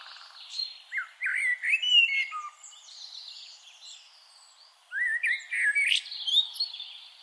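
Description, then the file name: Eurasian blackbird giving a run of chirping, sliding notes, with a quiet pause midway before a second burst of rising twittering calls. "Turdus merula"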